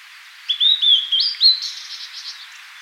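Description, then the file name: Blue-and-white flycatcher song: a clear whistled phrase of sliding notes starting around half a second in, ending in a burst of softer twittering notes, with faint background hiss. "Cyanoptila cyanomelana"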